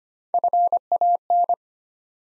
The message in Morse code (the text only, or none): FAN